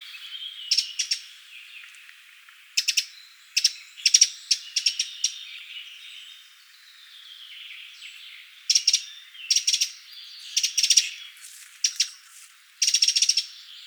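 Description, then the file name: Eurasian wren calls as hard, rapid clicking rattles in clustered bursts, with quiet gaps. "Troglodytes troglodytes"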